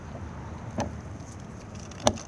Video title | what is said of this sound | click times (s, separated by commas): Benimar mileo 282 outside handover | it will then lock into place | 2.1 s